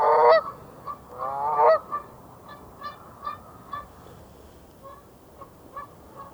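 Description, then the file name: Canada goose calls: a couple of loud honks at the start, then fainter, shorter honking notes scattered through the rest. Greenland. "canda goose"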